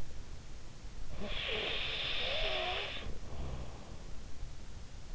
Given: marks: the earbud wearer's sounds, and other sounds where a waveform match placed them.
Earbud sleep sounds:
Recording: sounds in sleep by an in-ear microphone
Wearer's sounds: snoring breath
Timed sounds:
1.13-4.27 s: snoring breath

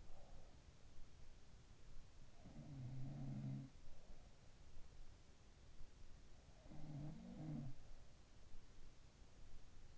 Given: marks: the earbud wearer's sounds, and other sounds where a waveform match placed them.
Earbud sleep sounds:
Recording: sounds in sleep by an in-ear microphone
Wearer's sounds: breath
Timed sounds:
0.00-0.93 s: breath
2.27-4.76 s: sound from someone else or the room
6.65-8.78 s: sound from someone else or the room

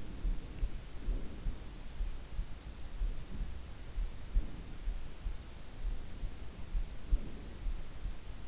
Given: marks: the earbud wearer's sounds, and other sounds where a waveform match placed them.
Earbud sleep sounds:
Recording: sounds in sleep by an in-ear microphone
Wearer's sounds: breath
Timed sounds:
0.00-1.82 s: breath
2.92-4.86 s: breath
6.10-7.60 s: breath

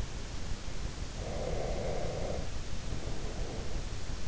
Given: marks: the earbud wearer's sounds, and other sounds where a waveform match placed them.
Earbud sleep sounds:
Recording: sounds in sleep by an in-ear microphone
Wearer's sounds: breath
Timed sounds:
1.06-3.97 s: breath

